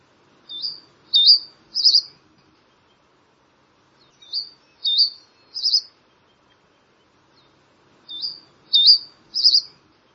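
Bird calling a three-part phrase of quick high chirps ending in a burry note, given three times with quiet pauses between.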